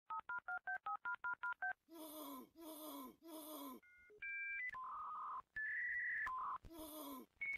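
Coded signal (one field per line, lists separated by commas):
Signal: dial-up modem handshake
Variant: 56k modem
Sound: about ten quick dialing tone pairs, then bursts of harsh hiss and warbling modem tones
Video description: So hörte sich ein klassisches Modem mit 56k an, als man sich damals per Telefonleitung in das Internet einwählte.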